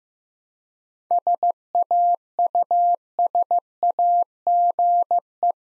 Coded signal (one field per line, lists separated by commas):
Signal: Morse code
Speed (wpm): 15 wpm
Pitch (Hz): 700 Hz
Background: none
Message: SAUSAGE